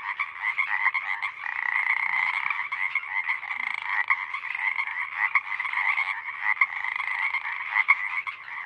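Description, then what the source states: Pacific Chorus Frogs call nonstop in a thick chorus of buzzy croaks. Full chorus of a single pod, recorded night of April 21–22, 2019, Sinlahekin Valley; a deafening wall of calls lasting hours until the night air cools.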